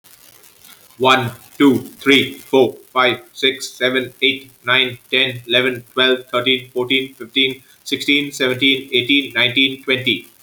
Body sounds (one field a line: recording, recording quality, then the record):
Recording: counting at a fast pace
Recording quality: excellent, no background noise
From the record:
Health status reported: healthy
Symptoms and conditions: none ticked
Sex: male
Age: 44 years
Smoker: not ticked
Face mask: not worn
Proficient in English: yes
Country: India